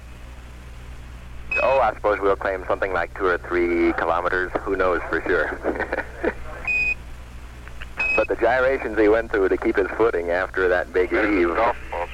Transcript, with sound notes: Oh, I suppose we'll claim something like 2 or 3 kilometers. Who knows for sure. [Laughter]. But the gyrations he went through to keep his footing after that big heave...